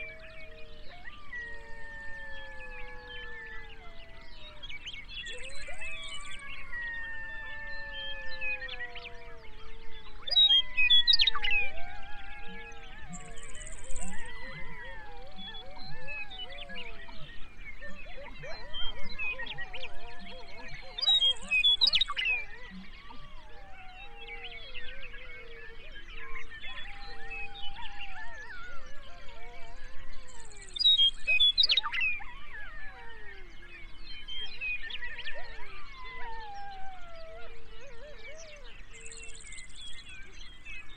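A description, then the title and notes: Coyotes howl and yip in a dense overlapping chorus of sliding, wavering cries, with sharp bursts around 11, 22 and 32 seconds. Today we head to Grasslands National Park in Saskatchewan, just a few miles north of the Canada/US border. We'll hear a prairie dawn chorus — complete with coyotes.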